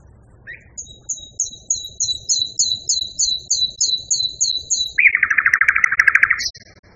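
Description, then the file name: Common nightingale song: a steady series of high double whistles, then a loud rapid churring rattle and a brief high flourish. Nightingale song variation. "kicauan nightingale b variasi. omkicau"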